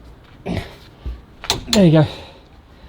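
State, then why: Torque reached. A click-type torque wrench tightens a bolt on a 1988 Rolls-Royce Silver Spirit and breaks over with a sharp double click at 1.4 and 1.5 seconds, showing the bolt has reached the set torque. Someone talks before and after the click.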